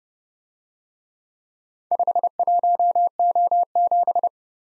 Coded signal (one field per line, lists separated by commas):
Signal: Morse code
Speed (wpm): 31 wpm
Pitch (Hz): 700 Hz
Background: none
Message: 51O7